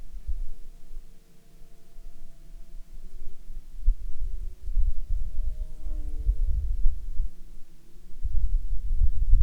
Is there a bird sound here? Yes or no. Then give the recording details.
no. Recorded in Ivvavik National Park, Yukon, on 26 June 2019 at 14:18. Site SINP09